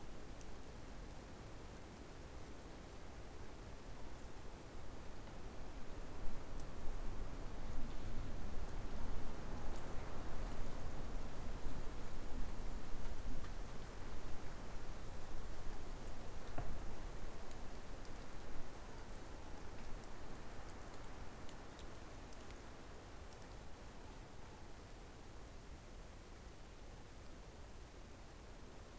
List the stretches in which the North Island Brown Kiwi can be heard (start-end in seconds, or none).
none